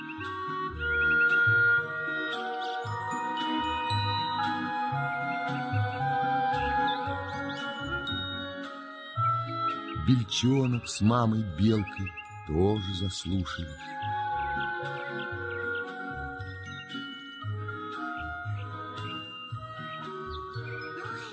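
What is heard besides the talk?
thrush singing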